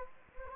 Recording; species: mosquito wingbeat signal from an infrared sensor; Anopheles gambiae